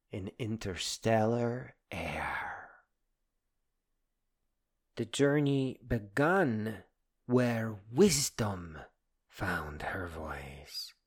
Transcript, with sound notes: in interstellar air. Epilogue (quiet) The journey began where Wisdom found her voice,